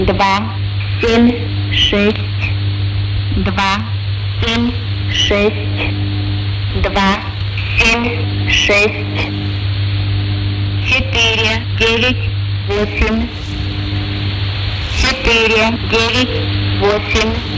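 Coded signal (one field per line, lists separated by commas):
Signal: numbers station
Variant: S06s, Russian lady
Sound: female voice reading short spoken numbers at steady intervals over a hum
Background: radio static, mains hum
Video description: Estación de números en la banda de #radioaficionados de 20 metros. QRG = 14280 kHz. A3E (AM). Estación denominadoa "S06s" o también "Russian lady" por el grupo Enigma 2000.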